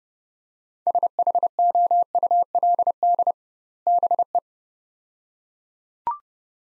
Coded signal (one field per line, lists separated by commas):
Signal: Morse code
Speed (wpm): 30 wpm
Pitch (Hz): 700 Hz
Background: none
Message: SHOULD BE